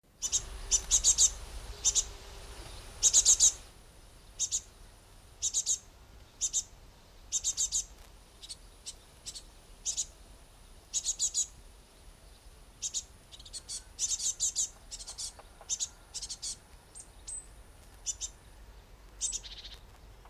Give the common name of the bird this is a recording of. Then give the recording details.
Great Tit. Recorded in the wild. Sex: diverse. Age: diverse. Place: Summt, Grundstück, Brandenburg, DE. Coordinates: 52.6931, 13.3619. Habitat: garden. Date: 1971-07-24 15:30. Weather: hazy, thundery, 30°C. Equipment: Uher 4000 Report-Monitor, Sennheiser MD 421. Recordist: Tembrock, Günter. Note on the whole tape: Summt, Grundstück: flügge Junge und Altvögel (auch warnend): Rufe, auf Birken